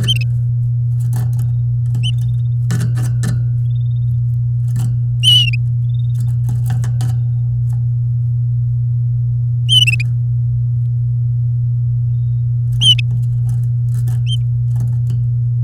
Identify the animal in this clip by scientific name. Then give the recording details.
Serinus canaria. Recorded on 9 May 2018 at 07:36. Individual llb16